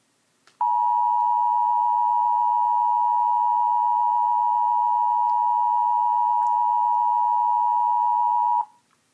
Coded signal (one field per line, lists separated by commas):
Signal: Emergency Alert System (SAME) tones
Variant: 853 and 960 Hz attention tone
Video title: EAS 598 SMW NWS Milwaukee/Sullivan